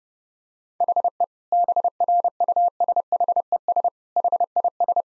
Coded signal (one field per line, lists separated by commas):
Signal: Morse code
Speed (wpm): 30 wpm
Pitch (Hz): 700 Hz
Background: none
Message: HE BRUSHES HIS